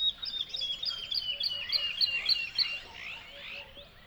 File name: Song Delivered From A Tree In The Spanish Dehesas